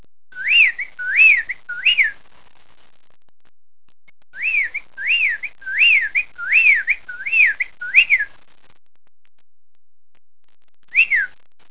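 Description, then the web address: Bird whistling: three quick rising-and-falling whistles, a short pause, then seven more in a row, and after another gap one final whistle. "ljesun sounds bird"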